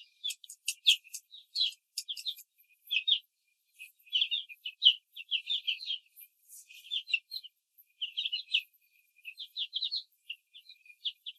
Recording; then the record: young laying hens in a cage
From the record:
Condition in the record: control cage, before the stress test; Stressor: none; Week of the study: 4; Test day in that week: 1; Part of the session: 1